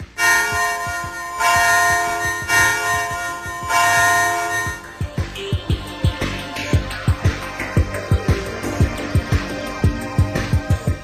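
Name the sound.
bell ringing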